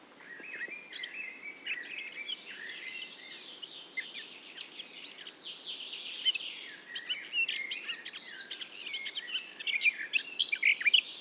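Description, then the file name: Eurasian blackcap singing a long, busy warble of mixed scratchy and whistled notes against steady background hiss, growing louder toward the end. "Sylvia atricapilla"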